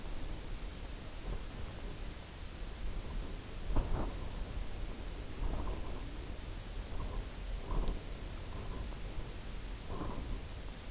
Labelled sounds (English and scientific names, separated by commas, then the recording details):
none
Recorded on Arctic tundra, site UTQI-0, on 17 June 2019
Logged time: 22:00